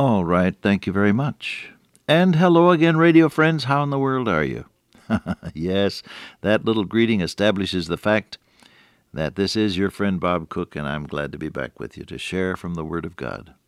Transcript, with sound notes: Alright, thank you very much. And hello again radio friends, how in the world are you? [chuckle] Yes, that little greeting establishes the fact that this is your friend Bob Cook, and I’m glad to be back with you to share from the Word of God.